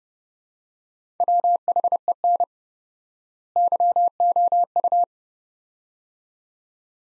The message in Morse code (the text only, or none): WHEN YOU